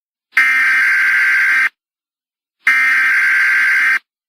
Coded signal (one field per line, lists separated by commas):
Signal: Emergency Alert System (SAME) tones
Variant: header bursts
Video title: EAS Scenario: The Fall of A Dictatorship | Part 4